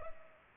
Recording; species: mosquito wingbeat signal from an infrared sensor; Culex pipiens